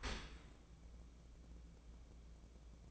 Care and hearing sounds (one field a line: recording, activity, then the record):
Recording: daily activity, microphone in the room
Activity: open dishwasher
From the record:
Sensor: 1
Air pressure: 1012.4 hPa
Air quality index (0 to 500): 170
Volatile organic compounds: 3 ppm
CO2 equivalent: 1387 ppm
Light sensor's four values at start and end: 332/763/336/368 and 332/762/335/368